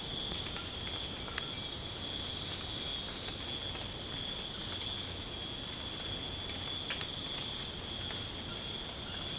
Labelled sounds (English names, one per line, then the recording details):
none
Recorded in secondary vegetation near Puerto Asís, Putumayo, Colombia, on 24 March 2025 at 01:00
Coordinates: 0.485, -76.322
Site G040